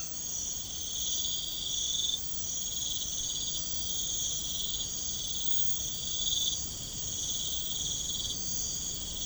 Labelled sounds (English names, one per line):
none